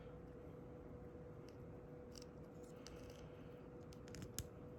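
An assembled plastic Space Marine miniature is pressed onto its round 32 mm base against a steady background hum with a faint tone near 500 Hz. A few light ticks come first, then a sharp snap at 4.4 s marks the figure seating on the base, confirmed as snapped in place.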